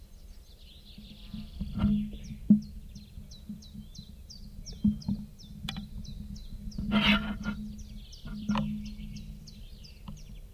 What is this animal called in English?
Common Chiffchaff